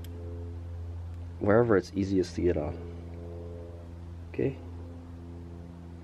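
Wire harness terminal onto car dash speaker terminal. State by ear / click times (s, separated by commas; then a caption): not seated / none. A wire harness terminal is being handled onto the terminal tab of a front dash speaker during an install in a Rav4 Prime SE. A steady low hum runs throughout as someone talks in short bursts, with a brief soft knock near 4.4 s. Nothing has seated or clicked yet; the clip ends just before the terminal goes home.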